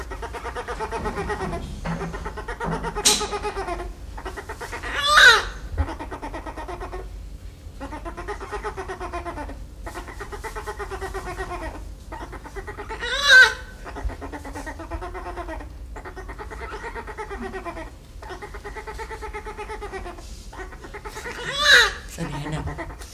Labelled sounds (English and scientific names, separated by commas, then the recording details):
Sun Bear (Helarctos malayanus) call
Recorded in captivity
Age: juvenile
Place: Tierpark Berlin, Berlin, DE
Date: 1977-02-17 14:00
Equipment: Nagra SN, AKG CK 5, Kopie Uher 4200
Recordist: Tembrock, Günter